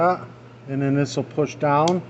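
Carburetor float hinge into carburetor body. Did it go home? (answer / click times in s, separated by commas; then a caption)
no / none. A man talks while handling the plastic carburetor float on a Briggs & Stratton 625 EX engine from a Troy-Bilt TB200 mower, lining up its hinge clips to be pressed down onto the pin on both sides of the carburetor body. Only speech is heard over a low steady hum. Nothing has seated or clicked yet.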